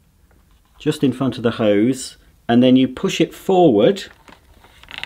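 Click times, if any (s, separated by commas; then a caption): none. A hose storage clip is placed on the grey part just in front of the hose on a Dyson Ball Animal Multifloor vacuum cleaner and pushed forward toward the machine's spine while someone talks. Sharp, brief transients appear at 5.0 s and 5.1 s at the very end, but the clip has not yet seated or clicked into position.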